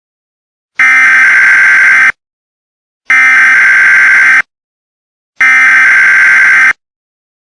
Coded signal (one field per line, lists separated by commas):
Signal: Emergency Alert System (SAME) tones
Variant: header bursts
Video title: EAS Scenario: Chemical Explosives